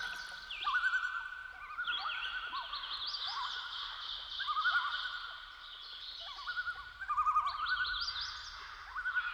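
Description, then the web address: Common loon tremolo calls, rapid wavering notes in repeated bursts. "Dan Gibson Call Of The Loon"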